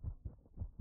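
Soft, deep thumps arrive in close lub-dub pairs, with nearly all the sound in the low range. The clip is under a second, too short to judge the rate exactly, but the rhythm sounds even. These are ordinary heartbeat sounds from an adult heart.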